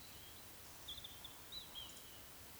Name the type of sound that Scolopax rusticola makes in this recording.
whistle, croak